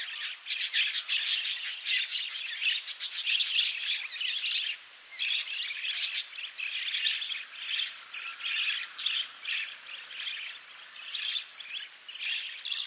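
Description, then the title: Bird song, a dense stream of rapid high chirps and twitters, continuous at first, then broken into shorter bursts. "LuckyPassaro Completos2Sama"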